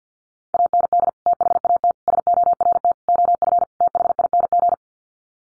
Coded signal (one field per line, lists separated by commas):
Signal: Morse code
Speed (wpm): 50 wpm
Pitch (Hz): 700 Hz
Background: none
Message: AND THAT SORT OF THING